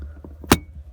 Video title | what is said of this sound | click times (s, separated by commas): Fitting V8 Light Board | you'll hear the click so that's it back in place properly | 0.5 s